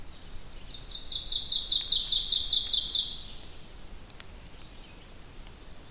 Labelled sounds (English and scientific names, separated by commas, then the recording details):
Ovenbird (Seiurus aurocapilla) song
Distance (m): 15 m
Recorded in boreal forest in Alberta, Canada, on 2 June 2016 at 06:14
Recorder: SongMeter 3, array SBT-3-7
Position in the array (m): 193 m, 3 m
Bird 6